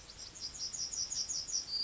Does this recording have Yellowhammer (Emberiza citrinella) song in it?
yes